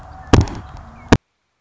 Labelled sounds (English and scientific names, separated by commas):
Red-winged Blackbird (Agelaius phoeniceus)